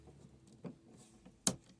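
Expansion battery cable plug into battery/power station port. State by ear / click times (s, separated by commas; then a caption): seated / 1.5 s. The cable plug of a fourth PECRON EP3000 expansion battery is pushed hard, at an awkward angle, into the port of a PECRON E3600LFP power station. After a few faint soft knocks, a sharp, loud click is heard at 1.5 s as the plug snaps home and seats.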